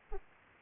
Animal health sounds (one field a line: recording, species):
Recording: mosquito wingbeat signal from an infrared sensor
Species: Aedes aegypti